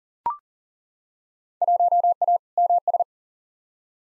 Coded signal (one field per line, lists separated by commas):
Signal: Morse code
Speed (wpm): 40 wpm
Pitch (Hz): 700 Hz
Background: none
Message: 1A MS